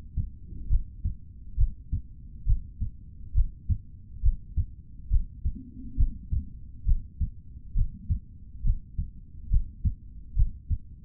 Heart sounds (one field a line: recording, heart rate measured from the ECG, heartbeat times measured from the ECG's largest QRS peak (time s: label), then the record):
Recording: heart sounds by stethoscope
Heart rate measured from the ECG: 68 bpm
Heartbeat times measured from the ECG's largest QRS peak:
0.68 s: heartbeat
1.56 s: heartbeat
2.45 s: heartbeat
3.33 s: heartbeat
4.21 s: heartbeat
5.09 s: heartbeat
5.96 s: heartbeat
6.84 s: heartbeat
7.73 s: heartbeat
8.62 s: heartbeat
9.49 s: heartbeat
10.34 s: heartbeat
From the record:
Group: healthy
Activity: breath hold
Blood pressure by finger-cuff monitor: 120/72 mmHg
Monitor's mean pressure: 88 mmHg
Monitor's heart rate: 68 bpm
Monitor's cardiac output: 3.9 L/min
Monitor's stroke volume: 58 mL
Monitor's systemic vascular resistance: 1630 dyn s/cm5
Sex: male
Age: 55 years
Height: 167 cm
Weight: 57.2 kg